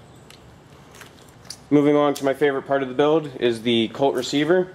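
A metal quick-detach sling swivel clicks into a rifle sling mount socket at 0.3 s, then its release button is pushed and the swivel comes out with a second click at 1.5 s, released from the mount. Someone then talks.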